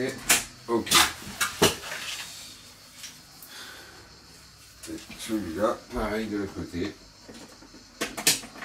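A plastic part is pushed into place on the second side of the frame of a 2016 4Moms Mamaroo electric baby swing during assembly, the same way as on the first side. Someone talks over a few handling knocks, and a short sharp click at 8.3 s shows the part has seated.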